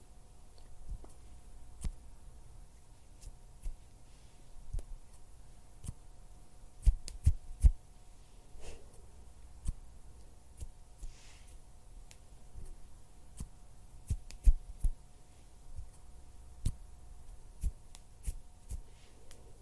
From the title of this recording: Hand sounds, finger fluttering, mouth sounds